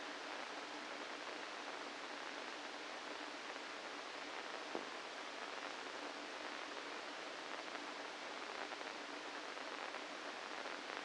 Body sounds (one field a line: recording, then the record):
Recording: brain microelectrode recording played as sound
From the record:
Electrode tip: inside the subthalamic nucleus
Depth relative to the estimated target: -2 mm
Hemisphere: right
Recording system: NeuroSet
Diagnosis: Parkinson's disease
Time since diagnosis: 8 years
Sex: male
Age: 65 years